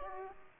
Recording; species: mosquito wingbeat signal from an infrared sensor; Aedes aegypti